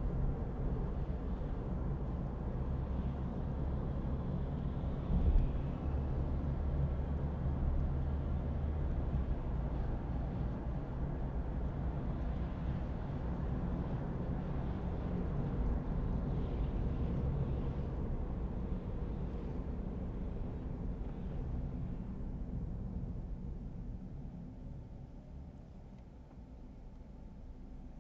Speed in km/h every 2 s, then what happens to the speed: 72, 68, 63, 63, 62, 66, 69, 72, 73, 74, 62, 57, 47, 33.
0-8 slows to 62. 8-18 speeds up to 74. 18-28 brakes to 33.